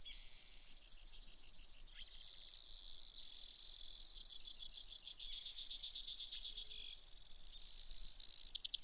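Brewer's sparrow song, a varied chain of high trills, slurred notes and buzzes that changes pace every second or two.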